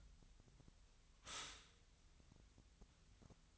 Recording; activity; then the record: daily activity, microphone in the room; stop toaster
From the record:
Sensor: 3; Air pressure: 1001.9 hPa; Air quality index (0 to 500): 246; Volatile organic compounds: 49 ppm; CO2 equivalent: 3282 ppm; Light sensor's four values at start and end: 14/42/18/16 and 14/42/18/16